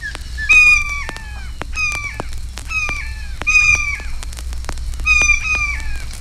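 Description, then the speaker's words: Blue Jay giving harsh, nasal, slightly descending calls, several in six seconds, with low hum and sharp crackle clicks throughout. Notes vary from raucous screams to soft conversational chatter. "notes of the blue jay vary from raucous screams to soft conversational chatter."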